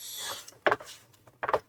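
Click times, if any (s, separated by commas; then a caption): 0.7 s, 1.5 s. The plastic rear cover of an HP all-in-one CR0014 PC is pressed down evenly around its edge onto the chassis, with a soft rubbing, scraping sound at first. Sharp plastic snaps at 0.7 s and 1.5 s, each followed by a quick second snap, mark the retaining clips seating, which is normal for a clipped-on cover.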